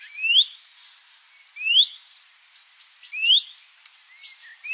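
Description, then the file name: Common chaffinch calls, a bright rising note repeated about every one and a half seconds, with faint other bird calls between. "Fringilla coelebs"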